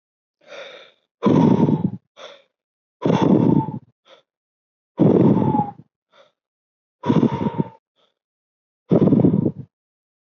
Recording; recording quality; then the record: deep breathing; excellent, no background noise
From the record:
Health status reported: COVID-19 positive, mild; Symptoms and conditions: none ticked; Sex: male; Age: 22 years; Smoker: not ticked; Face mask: not worn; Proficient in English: yes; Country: India